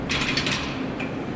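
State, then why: Not seated. A cow is at a steel livestock headgate with a ratcheting latch meant to click shut and hold her by the neck. Steady mechanical ratchet-and-pawl rattling is heard throughout, with a brief sharper sound at about 1.0 s. Nothing has seated or clicked shut yet.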